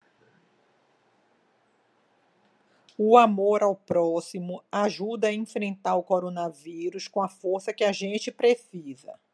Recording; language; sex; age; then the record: spoken sentence; Brazilian Portuguese; female; 50 to 59 years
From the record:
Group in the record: control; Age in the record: 59 years